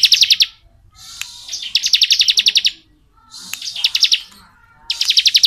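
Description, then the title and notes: Bar-winged prinia song, quick high rattling trills alternating with softer hissing, buzzy notes over about five seconds. Ngebren song style; recording used as training audio (masteran) for white-rumped shamas (murai batu). "Ciblek Ngebren Untuk Masteran Murai Batu. Suara burung ciblek - Suara Nada"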